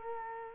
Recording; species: mosquito wingbeat signal from an infrared sensor; Culex quinquefasciatus